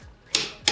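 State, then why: Torque reached. A click-type torque wrench tightens a lug nut on a C4 L98 Corvette wheel, giving sharp metallic clicks at 0.4 s and 0.7 s. The clicks show that the wrench has reached its 100 lb-ft setting.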